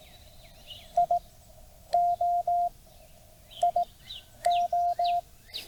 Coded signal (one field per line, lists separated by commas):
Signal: Morse code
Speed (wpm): 17 wpm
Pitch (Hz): 700 Hz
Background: none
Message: I O I O